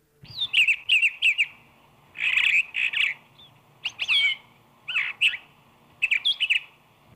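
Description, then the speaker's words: Brown Thrasher song, loud varied phrases of quick repeated notes, separated by brief pauses. Energetic clarion chant of a long-tailed mimic; phrases rendered as 'come see, over here'. "Quite different, but still full of energy, is the clarion chant of the brown thrasher."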